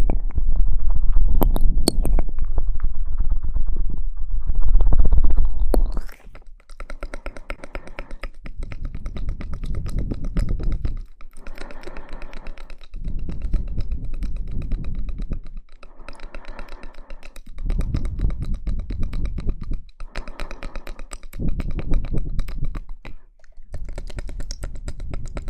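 Mouth sounds: a loud, dense rumbling stretch fills the first six seconds, then gives way to bursts of quick, wet clicking and smacking. The clicks come in clusters of a few seconds each, separated by short near-silent gaps, and sound crisp and bright.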